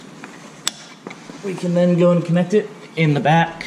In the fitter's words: okay so now we're gonna slap through our seven pin connectors gonna push right in snap into place